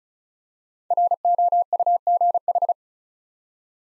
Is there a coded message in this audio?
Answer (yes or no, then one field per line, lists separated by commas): yes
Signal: Morse code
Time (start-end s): 0.9-2.7 s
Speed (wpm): 36 wpm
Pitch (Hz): 700 Hz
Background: none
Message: ROUGH